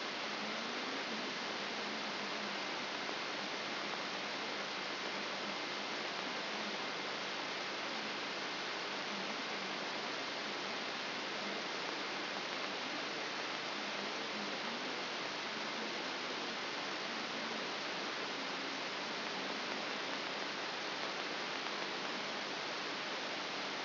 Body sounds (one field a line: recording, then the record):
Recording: brain microelectrode recording played as sound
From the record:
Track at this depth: outside the subthalamic nucleus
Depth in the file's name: 5.701 mm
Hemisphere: left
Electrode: 3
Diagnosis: Parkinson's disease